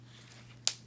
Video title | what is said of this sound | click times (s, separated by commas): Sewing One Size Cloth Diaper Tutorial | if you don't hear a snap it ain't done right | 0.7 s